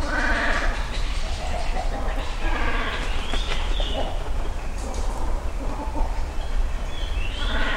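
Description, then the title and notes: Great cormorant colony calls, harsh bleating and gargling croaks with layered harmonics, several overlapping, with slurred whistles from other birds and a steady low rumble. Nesting colony high in trees along a river in Ritto City, Shiga Prefecture, Japan; other birds audible; recorded with a Sony PCM-M10 and small omnidirectional mics tied to a tree. "Great Cormorants (カワウ) nesting high in trees along Yasugawa (river) in Ritto City, Shiga Prefecture, Japan."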